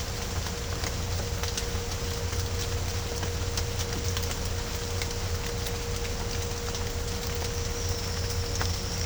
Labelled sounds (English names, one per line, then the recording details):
none
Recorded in pastures near Puerto Asís, Putumayo, Colombia, on 21 December 2024 at 11:00
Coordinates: 0.502, -76.324
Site G077